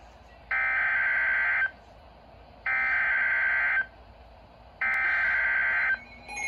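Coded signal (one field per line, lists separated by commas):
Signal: Emergency Alert System (SAME) tones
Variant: header bursts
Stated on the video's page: Real Severe Thunderstorm Warning received on NOAA Weather Radio transmitter KIG86, Columbus, Ohio.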